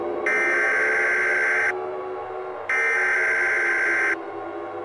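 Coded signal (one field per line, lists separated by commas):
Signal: Emergency Alert System (SAME) tones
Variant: header bursts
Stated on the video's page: Fictional EAS scenario.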